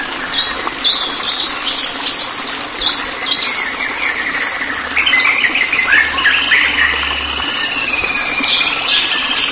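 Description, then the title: White-rumped shama song, fast clicking chips and chatter first, then a drawn-out wavering trill, over a background hiss. "Kicau Murai Batu"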